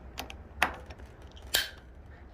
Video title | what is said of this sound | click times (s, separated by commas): Specialized Rockhopper Comp 29 SATIN BRASSY YELLOW / BLACK Unboxing/Quick Assembly | that click right there | 0.6 s, 1.6 s